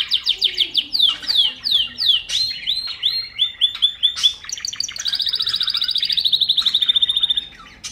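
Bird song that shifts from quick down-slurred chirps into mixed notes, then a long, rapid trill sliding gently lower.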